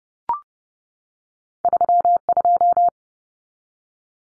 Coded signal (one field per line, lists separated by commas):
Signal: Morse code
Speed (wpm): 30 wpm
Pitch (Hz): 700 Hz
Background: none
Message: 32